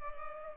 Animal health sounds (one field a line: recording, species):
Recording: mosquito wingbeat signal from an infrared sensor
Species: Culex pipiens